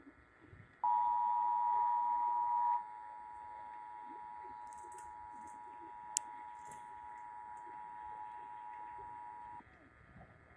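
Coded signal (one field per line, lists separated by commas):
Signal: Emergency Alert System (SAME) tones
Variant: 853 and 960 Hz attention tone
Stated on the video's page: Real EAS tests received from broadcast stations.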